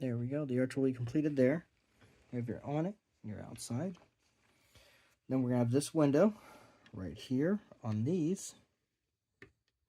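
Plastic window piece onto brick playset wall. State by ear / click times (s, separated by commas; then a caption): seated / 9.4 s. A plastic window piece is pressed onto the studs of a brick playset wall while someone talks. It seats with a single solid click at 9.4 seconds.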